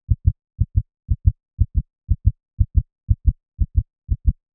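Steady, paired low thumps, lub-dub, repeat about every half second, roughly nine beats in under five seconds: a regular heartbeat at 120 beats a minute, a fast rate. A sound effect, with no background noise.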